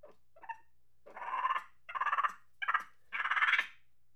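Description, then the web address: Monkey giving rapid, pulsed chatters in four main bursts, each a quick stutter of harsh notes, preceded by a couple of brief squeaks. Angry chatter. "Sony Creative Software Sony Pictures Sound Effects Series Volumes 1-10 Volume 1 Animals Monkey Angry Chatter"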